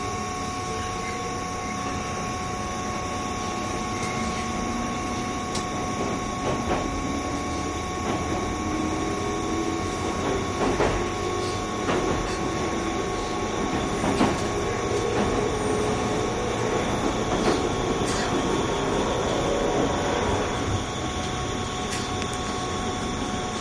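A JR 201 series train rumbles steadily along, with a dense low roar, faint rising motor whine, and scattered sharp rail clicks throughout.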